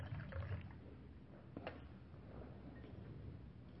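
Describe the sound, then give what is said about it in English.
Water is poured into an empty cup in a soft, steady trickle, quiet and continuous, with a brief brighter splash partway through and no voices, as part of a ritual transferring merit to a deceased relative. “With that intention, let's transfer the merits to your beloved relative, pouring the water to the empty cup, reciting the gatha.”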